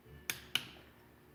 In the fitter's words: Hear the click.